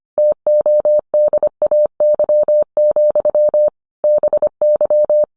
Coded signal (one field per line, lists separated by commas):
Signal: Morse code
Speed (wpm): 25 wpm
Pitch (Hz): 600 Hz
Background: none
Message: TODAY, BY